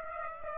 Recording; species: mosquito wingbeat signal from an infrared sensor; Aedes aegypti